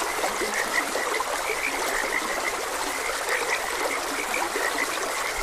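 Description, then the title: Frog calls come as quick, high chirping croaks repeated at irregular intervals, partly masked by constant babbling stream water. Frogs croaking beside a gentle stream. "Gentle Stream and Frogs Croaking"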